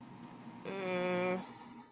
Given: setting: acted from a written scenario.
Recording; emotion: vocal sound without words; neutral